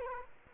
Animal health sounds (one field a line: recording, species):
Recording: mosquito wingbeat signal from an infrared sensor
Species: Culex quinquefasciatus